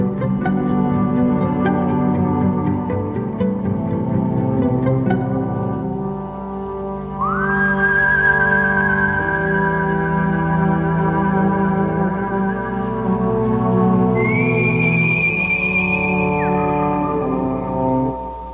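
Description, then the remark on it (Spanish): A song plays with full instrumental backing, and a clear whistled melody enters, holding long, steady high notes that slide up at their start, first lower, then a second phrase pitched higher. “Ahí tenías las dotes de silbador, ¿eh?”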